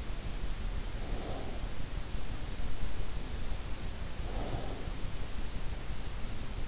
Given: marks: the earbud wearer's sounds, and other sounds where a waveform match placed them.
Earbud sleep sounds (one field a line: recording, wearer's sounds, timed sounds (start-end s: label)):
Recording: sounds in sleep by an in-ear microphone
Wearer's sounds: breath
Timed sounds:
0.94-2.09 s: breath
4.12-5.16 s: breath